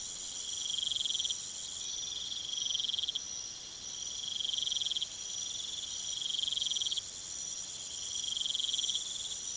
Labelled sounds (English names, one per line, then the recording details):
none
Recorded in pastures near Puerto Asís, Putumayo, Colombia, on 23 June 2025 at 00:00
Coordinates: 0.486, -76.323
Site H29